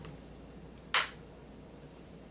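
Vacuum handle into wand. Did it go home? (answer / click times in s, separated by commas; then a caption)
yes / 0.9 s. A handle on a new Shark vacuum is pushed onto the wand so its red tab locks into the notch. A single loud, sharp click sounds at 0.9 s over a quiet background. The handle is seated and locked in place.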